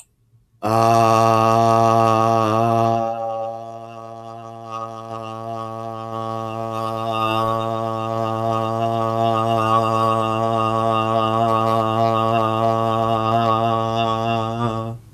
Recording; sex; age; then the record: vowel held as long as possible; male; 40 to 49 years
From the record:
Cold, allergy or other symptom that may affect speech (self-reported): no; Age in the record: 48 years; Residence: Minnesota, United States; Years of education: 17